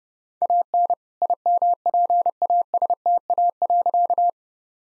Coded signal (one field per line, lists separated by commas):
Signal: Morse code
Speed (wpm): 30 wpm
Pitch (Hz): 700 Hz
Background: none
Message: AN IMPASTA.